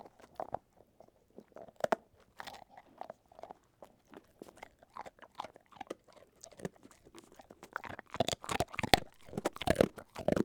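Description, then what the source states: Dog chewing sounds: scattered dry crunches and clicks, sparse at first, then growing dense and rapid in the last few seconds. Dog eating a Milk-Bone.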